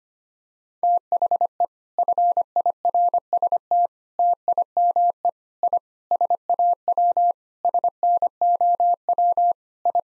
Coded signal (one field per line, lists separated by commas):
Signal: Morse code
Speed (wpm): 25 wpm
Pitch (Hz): 700 Hz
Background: none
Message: THE FIRST TIME I SAW SNOW I